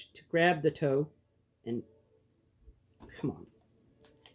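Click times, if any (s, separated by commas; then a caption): 4.1 s, 4.3 s. Someone talks while working the stiff foot/toe piece of a large plastic Haslab RID2001 Ultra Magnus transforming robot figure along its slider into the leg. Two short clicks at 4.1 s and 4.3 s mark the foot sliding up and locking into place, stiff but seated.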